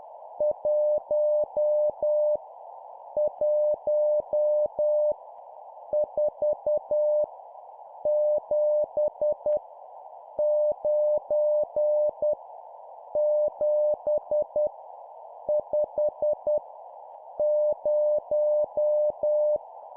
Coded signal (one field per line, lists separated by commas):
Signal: Morse code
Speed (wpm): 10 wpm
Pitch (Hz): 600 Hz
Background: none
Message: 1 1 4 7 9 7 5 0